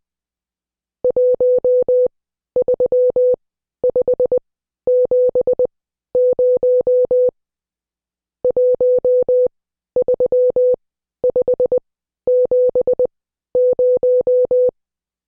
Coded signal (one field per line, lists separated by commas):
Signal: Morse code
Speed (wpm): 20 wpm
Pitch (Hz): 500 Hz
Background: none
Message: 13570 13570